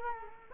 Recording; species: mosquito wingbeat signal from an infrared sensor; Culex quinquefasciatus